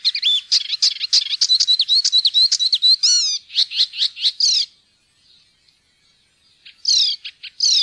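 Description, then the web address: Icterine warbler song of quick repeated high notes and whistled slurs, a silent gap of about two seconds, then more loud whistled phrases. "fuglelyder-1 gulsanger"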